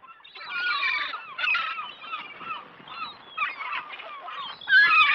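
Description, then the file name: Gull calls, harsh squawks and mewing cries in short bursts, with a louder cry near the end. "Seagull"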